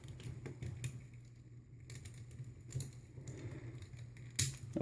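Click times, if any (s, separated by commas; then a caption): 4.4 s. A plastic toy part slides into a slot in a toy robot's body during transformation, with small plastic rattles and taps before a sharp click at 4.4 s. This is the first of two clicks, and the second has not come yet.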